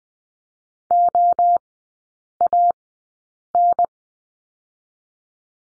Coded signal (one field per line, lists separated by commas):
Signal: Morse code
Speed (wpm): 20 wpm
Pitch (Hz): 700 Hz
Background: none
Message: OAN